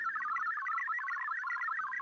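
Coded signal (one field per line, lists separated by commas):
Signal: multi-tone FSK (Olivia or MFSK type)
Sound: rapid warbling stream of stepping musical tones between about 1 and 2 kHz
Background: faint low hum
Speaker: you can see that FL Digi is transmitting the contents of the k2s file wrapped in the arq protocol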